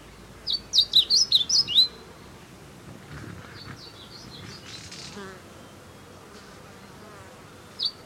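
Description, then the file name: Blue seedeater's high sweet phrase of quick slurred notes, fainter notes in the middle, and the phrase begins again at the end. "Amaurospiza concolor - Blue Seedeater"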